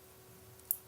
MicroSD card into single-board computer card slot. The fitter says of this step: il ya un petit clic comme quoi c'était bien fichées jusqu'au bout voilà